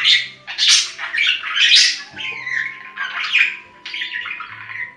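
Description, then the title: Budgerigar chattering with bright squeaky notes and a drawn-out falling whistle, over a faint low background hum. "Budgie Sounds"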